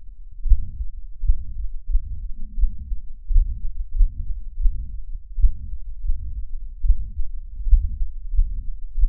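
Adult heartbeat heard through a stethoscope at about 92 beats a minute, each beat carrying a soft, low rumbling sound that runs between the heart sounds. This extra sound is a heart murmur, a sign of turbulent blood flow within the heart.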